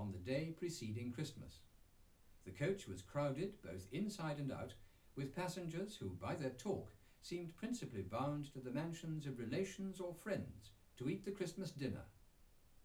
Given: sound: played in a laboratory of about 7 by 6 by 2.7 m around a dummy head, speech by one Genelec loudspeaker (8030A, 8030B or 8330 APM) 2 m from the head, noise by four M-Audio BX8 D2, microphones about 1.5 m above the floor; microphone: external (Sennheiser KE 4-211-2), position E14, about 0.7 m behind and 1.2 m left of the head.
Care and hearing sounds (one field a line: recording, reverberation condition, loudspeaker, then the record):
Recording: male speech in English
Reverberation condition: low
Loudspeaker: 30 degrees to the right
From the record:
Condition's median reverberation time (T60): about 310 ms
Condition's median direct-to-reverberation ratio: about 3.5 dB